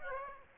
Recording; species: mosquito wingbeat signal from an infrared sensor; Aedes aegypti